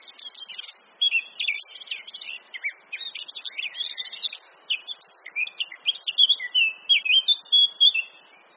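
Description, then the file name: Eurasian blackcap singing continuously, a busy scratchy warble of quick high notes broken into short phrases, with clearer whistled notes near the close. "Sylvia atricapilla"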